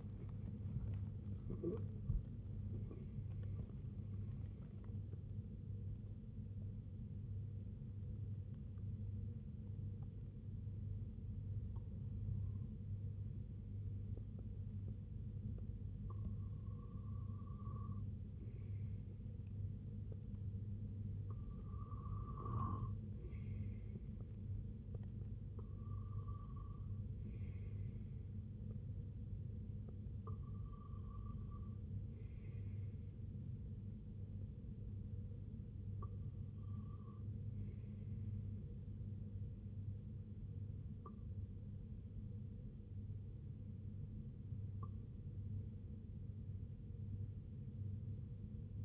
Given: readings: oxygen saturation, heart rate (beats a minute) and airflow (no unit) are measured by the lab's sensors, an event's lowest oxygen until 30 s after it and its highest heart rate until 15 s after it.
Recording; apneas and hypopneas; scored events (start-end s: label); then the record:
breathing in sleep by a smartphone at the bedside; 1
3.00-20.60 s: hypopnea (N2, oxygen 95% highest, then 92% lowest, heart rate 88 at the start, 88 highest)
12.00-42.00 s: new sleep stage, N1 (lightest sleep)
42.00-48.84 s: new sleep stage, N2 (light sleep)
From the record:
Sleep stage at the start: N2 (light sleep); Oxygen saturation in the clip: 92 to 96%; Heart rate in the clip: 57 to 88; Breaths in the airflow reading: 10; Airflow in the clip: -7.6 to 6.7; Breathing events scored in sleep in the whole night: 258 in 7.4 hours asleep